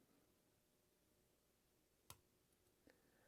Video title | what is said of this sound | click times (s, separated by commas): Tips To Lishi 1-L Opposite Arm Kwikset Lock Pick | nice click on three | 2.1 s